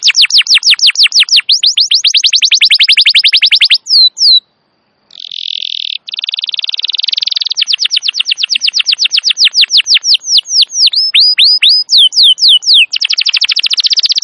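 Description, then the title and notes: Atlantic canary pouring out fast whistled notes and a rapid trill, a short pause, then buzzy rolls, steady repeated swoops and a closing trill. Wild canary singing long and energetically; recording used as a master to lure or train canaries. "Pikat Kenari GACOR PANJANG INI Cocok Untuk Masteran KENARI LIAR. Masteran burung kenari gacor parah"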